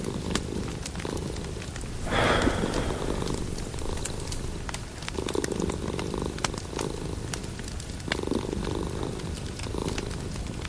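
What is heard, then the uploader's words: Rain falls steadily with a fire burning, a dense low rumble running throughout. Sharp crackles and pops break through at irregular moments, and the sound swells briefly around two seconds in, with smaller rises near five and eight seconds. Autumn cuddles with your boyfriend and kitten with rain and fire in the background.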